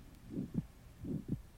Widely split, fixed second heart sound.